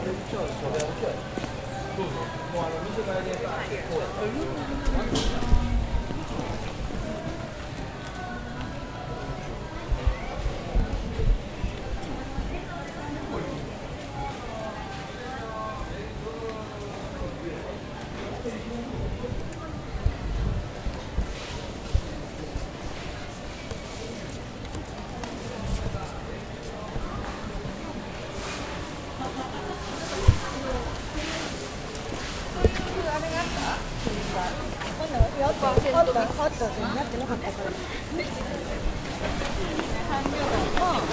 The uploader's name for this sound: Nishiki Market (錦市場), Kyoto, Japan